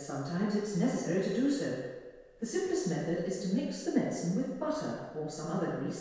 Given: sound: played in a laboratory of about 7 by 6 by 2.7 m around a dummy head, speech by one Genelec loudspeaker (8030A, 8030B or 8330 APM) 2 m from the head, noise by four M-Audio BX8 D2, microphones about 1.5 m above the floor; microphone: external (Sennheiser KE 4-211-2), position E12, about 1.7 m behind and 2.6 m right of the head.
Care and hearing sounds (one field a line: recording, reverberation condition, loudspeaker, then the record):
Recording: female speech in English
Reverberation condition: high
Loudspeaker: 60 degrees to the left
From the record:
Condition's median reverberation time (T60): about 1300 ms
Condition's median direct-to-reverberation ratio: about -4.0 dB